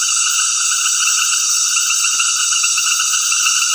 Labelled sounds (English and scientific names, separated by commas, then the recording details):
none
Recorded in dense forest near Puerto Asís, Putumayo, Colombia, on 20 February 2024 at 19:00
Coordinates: 0.496, -76.326
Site G6383